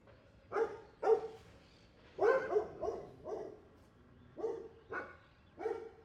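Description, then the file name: Dog barking in irregular runs, several barks over six seconds. Street dogs barking in street ambience, Buenos Aires province, Argentina. "ambiente calle prv bs as street dogs barking"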